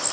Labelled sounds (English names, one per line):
Louisiana Waterthrush flight call